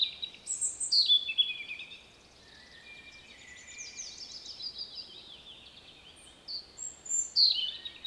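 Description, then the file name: European robin singing short bursts of high, fluty notes and thin trills, one louder phrase at the start and another near the end, with quieter song between. "Erithacus rubecula"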